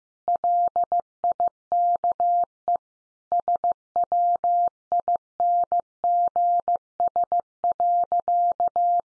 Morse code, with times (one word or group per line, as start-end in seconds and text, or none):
0.3-2.8 LIKE
3.3-9.0 SWINGS.